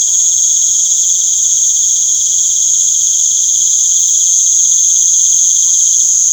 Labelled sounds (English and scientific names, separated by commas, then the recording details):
none
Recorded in pastures near Puerto Asís, Putumayo, Colombia, on 29 June 2025 at 19:00
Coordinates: 0.497, -76.327
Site G040